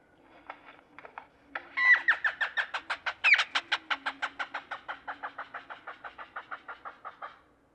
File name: Great-tailed Grackle